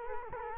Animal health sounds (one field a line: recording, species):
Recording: mosquito wingbeat signal from an infrared sensor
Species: Culex quinquefasciatus